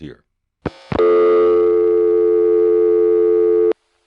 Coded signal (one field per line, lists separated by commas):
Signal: telephone call progress tone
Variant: North America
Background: speech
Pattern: dial tone